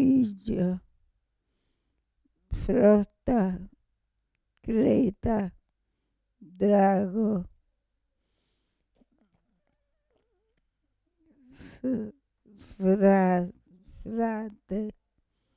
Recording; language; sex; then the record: read list of words; Italian; female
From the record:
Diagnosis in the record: Parkinson's disease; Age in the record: 65 years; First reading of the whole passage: 242 s, 2.1 characters per second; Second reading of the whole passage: 180 s, 2.9 characters per second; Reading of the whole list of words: 168 s, 1.7 characters per second